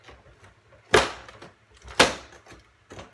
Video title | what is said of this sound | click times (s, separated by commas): Nortek blower motor swap | And then the the top just snaps into place | 0.9 s, 2.0 s